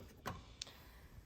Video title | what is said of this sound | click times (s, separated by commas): Replacing Headlight Volvo XC60 2011 | and it'll make a little click. | 0.6 s